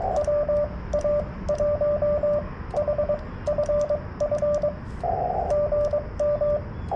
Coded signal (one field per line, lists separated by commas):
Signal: Morse code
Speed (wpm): 22 wpm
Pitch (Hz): 1180 Hz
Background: radio noise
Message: WA1HFF GM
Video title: CW POTA with my new Yaesu FT 891